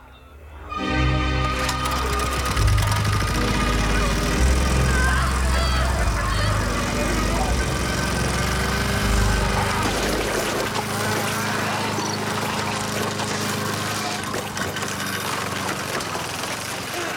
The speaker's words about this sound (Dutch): Ja, het klinkt al horror. Dit is uit 1992. Kan je uitleggen wat hier gebeurt? Er worden allemaal zombies in een grasmaaier vermalen. Dat is wat er gebeurt.